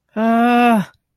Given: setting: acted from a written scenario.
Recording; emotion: vocal sound without words; distress